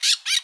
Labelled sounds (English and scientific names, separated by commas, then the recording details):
Brown-throated Parakeet (Eupsittula pertinax) contact call
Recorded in Bonaire